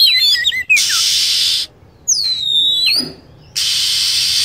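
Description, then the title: Lovebird calls: a burst of sharp chirps, then one long wavering whistled slide, set between loud stretches of steady hiss. Lure sound for attracting lovebirds. "PIKAT BURUNG LOVEBIRD"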